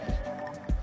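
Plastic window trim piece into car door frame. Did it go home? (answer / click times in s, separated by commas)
no / none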